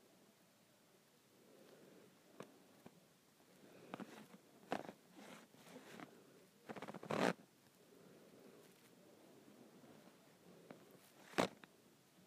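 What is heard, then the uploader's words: A handle is twisted and turned in short scraping, rustling bursts near 4–5, 7 and 11.5 seconds, with a sharp click at the end and quiet between. ASMR Twisting and Turning a Handle.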